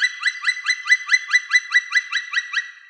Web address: Dryocopus martius